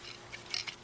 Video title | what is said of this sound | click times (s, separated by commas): Chrysler OBDII codes P0700 and P0715 | you'll notice it snaps right in here which is | 0.5 s